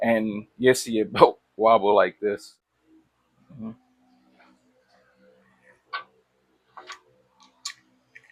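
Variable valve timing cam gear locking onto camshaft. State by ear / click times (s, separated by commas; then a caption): seated / 7.7 s. During a 2JZ VVT-i timing belt install, someone talks, then the variable valve timing cam gear on the camshaft is turned by hand amid faint clicks and taps. Its internal lock clicks into place sharply at 7.7 s, seating the gear, followed by two softer ticks.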